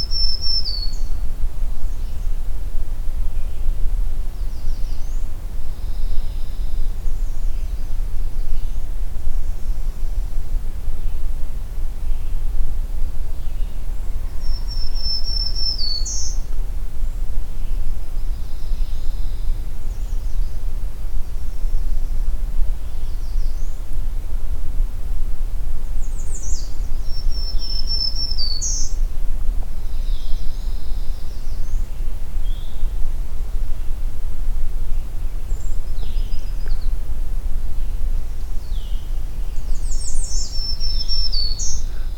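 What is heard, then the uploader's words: Songbirds sing over a steady low rumble, with thin, high chirps and short trilled phrases coming every few seconds. Brighter, more distinct phrases stand out around 15, 27 and 40 seconds, while fainter calls scatter between them. I’m concluding my morning hike, and continuing to listen for more vocalizing songbird species. The day may have started out quiet, but the vireos and various warblers are about to get very songful.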